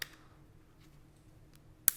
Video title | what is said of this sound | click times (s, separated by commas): Adding RGB Fans To Your Computer Just Got Easier With Lian Li Uni Fan AL120 RGB! | just like that and you heard the snap there that means it's connected | 1.9 s